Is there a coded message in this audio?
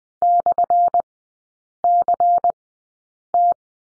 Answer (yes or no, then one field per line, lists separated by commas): yes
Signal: Morse code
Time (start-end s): 0.2-3.5 s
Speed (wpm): 20 wpm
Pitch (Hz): 700 Hz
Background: none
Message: /CT